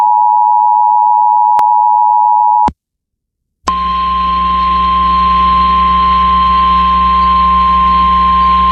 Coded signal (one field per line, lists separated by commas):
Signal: Emergency Alert System (SAME) tones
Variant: 853 and 960 Hz attention tone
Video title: Tallahassee SVR EAS #346